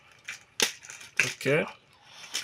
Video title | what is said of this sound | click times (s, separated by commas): How To Install Nipple Drinkers For Maximum Broiler Weight Gain | यह lock हो गया है ठीक है यह अंत तक लॉक | 1.2 s